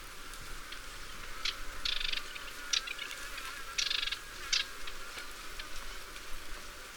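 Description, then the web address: Hume's whitethroat giving harsh, buzzy rasping notes in short bursts, some clipped and some drawn out, scattered irregularly over a steady background hiss. "hume s white throated warbler call"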